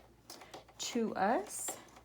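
The hand wheel of a BabyLock Euphoria coverstitch sewing machine is turned toward the user to engage the looper threading tube, with a few soft handling taps near 0.3, 0.5 and 0.7 seconds while someone talks. The looper tube has not yet clicked into place.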